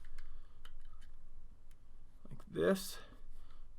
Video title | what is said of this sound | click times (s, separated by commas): Building the New Tamiya 1/35 38t plastic model kit | so that'll lock into place and see how tight of a seam you get right there | 0.7 s